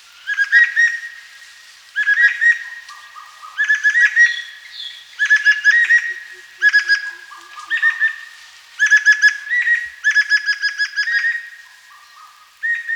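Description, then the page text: Greater necklaced laughingthrush giving loud, stuttering bursts of ringing whistled notes, one cluster after another with brief gaps, and softer lower notes slipped between some bursts. "Greater Necklaced Laughingthrush Calls. Quick Sounds"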